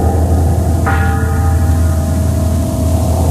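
A bell is struck once, its bright ringing overtones hanging on and slowly fading over a steady, loud low rumble that runs throughout; the bell is part of a Swedish dark ambient industrial drone music piece.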